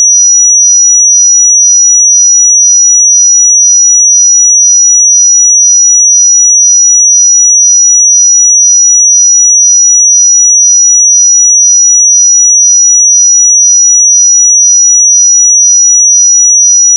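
A pure sine tone at 5849 Hz holds perfectly steady for the whole seventeen seconds, a thin, piercing high whistle with no wavering in pitch or loudness. Nothing else sounds beneath or around it, and it stops cleanly at the end.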